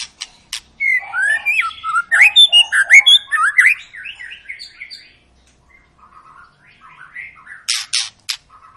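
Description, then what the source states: White-rumped shama song: rapid cascade of varied whistles and chirps, loud and dense for four seconds, then softer trailing notes and a few sharp clicks near the end. Long 'pancingan' lure song of a vigorously singing ('gacor') bird, used to prompt other birds to sing.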